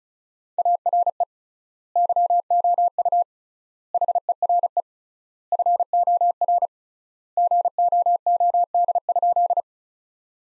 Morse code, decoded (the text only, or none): ARE YOU HERE FOR GOOD?